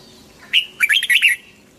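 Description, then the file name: Red-whiskered bulbul delivering one brief, quick phrase of clear whistled notes that skip up and down. Hue strain red-whiskered bulbul singing in the 'giọng kép' (double-voice) song style. "Tieng chao mao hue hot giong kep"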